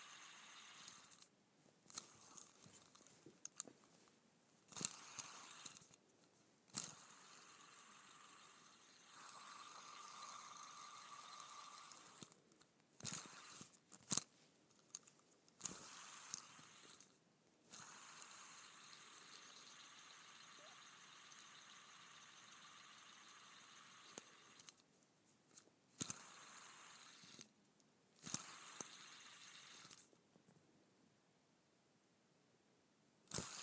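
A fidget spinner whirs in long, steady spins, each a bright, even hum with a faint rattle underneath. Short clicks and flicks punctuate it, most often near the start and again around 13 to 18 and 25 to 29 seconds, with quiet gaps between. The final seconds are near silent.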